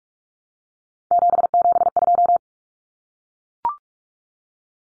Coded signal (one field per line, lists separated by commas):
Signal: Morse code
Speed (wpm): 44 wpm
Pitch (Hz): 700 Hz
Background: none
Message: 772